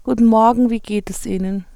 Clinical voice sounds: spoken sentence; German; female; 60 to 69 years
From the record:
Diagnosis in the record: intubation injury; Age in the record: 66 years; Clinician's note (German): Phonationstrauma nach Intubation, keine Aryluxation

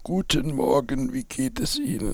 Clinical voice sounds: spoken sentence; German; male; 70 to 79 years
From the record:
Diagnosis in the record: recurrent laryngeal nerve paralysis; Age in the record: 72 years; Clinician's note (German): Links, mit Verdickung hinteres Drittel, mit phonatorischem Stillstand; Verdacht auf Ca!

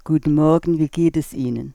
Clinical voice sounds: spoken sentence; German; female; 70 to 79 years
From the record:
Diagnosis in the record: presbyphonia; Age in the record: 73 years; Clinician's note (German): Zustand nach Strumektomie, keine Rekurrensparese

